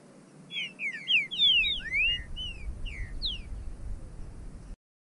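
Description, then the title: Bird giving a rapid string of bright slurred whistles, dipping and rising, about a dozen notes in three seconds, over a low background rumble. "burung"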